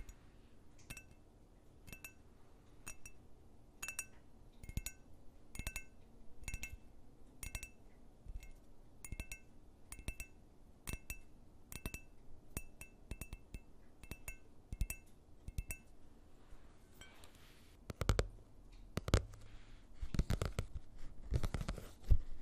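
Fingernails and finger pads tap on objects, first in a fairly regular series of bright, clinking, glassy taps about two or three per second. After about seventeen seconds the rhythm breaks up into denser, irregular tapping with duller, heavier knocks, over a faint steady hum.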